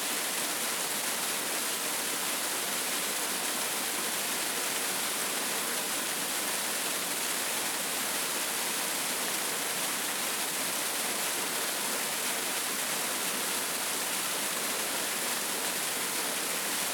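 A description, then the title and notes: A tropical jungle waterfall roars in a dense, unbroken wash of falling water that stays steady for the whole stretch. The sound is bright and hissing, with little low rumble, and no separate events stand out from the constant rush. Tropical Jungle Waterfall.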